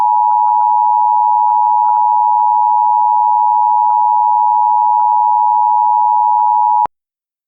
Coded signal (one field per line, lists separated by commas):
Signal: Emergency Alert System (SAME) tones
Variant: 853 and 960 Hz attention tone